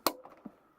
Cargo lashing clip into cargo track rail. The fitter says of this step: Essentially they just push in, clip and snap in place.